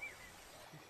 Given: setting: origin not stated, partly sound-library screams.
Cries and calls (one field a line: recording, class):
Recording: one-second piece from a danger detection set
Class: normal situation